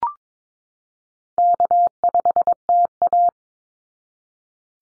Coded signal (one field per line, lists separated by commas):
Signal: Morse code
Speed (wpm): 22 wpm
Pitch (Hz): 700 Hz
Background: none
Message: K5TA